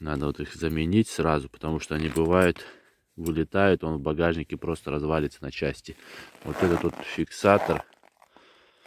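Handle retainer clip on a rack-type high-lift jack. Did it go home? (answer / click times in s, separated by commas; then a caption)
no / none. Someone talks for most of the clip about the handle retainer clip on a rack-type high-lift jack, then a few faint, short sounds come near the end as the clip is worked. Nothing has clicked or latched: the retainer no longer locks the jack handle in place.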